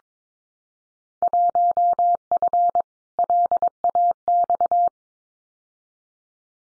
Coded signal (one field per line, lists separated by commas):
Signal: Morse code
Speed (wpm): 22 wpm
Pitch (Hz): 700 Hz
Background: none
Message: 1F LAX